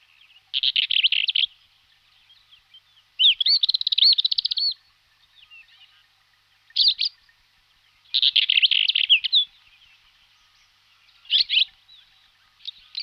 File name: Belorit okrovy Oenanthe hispanica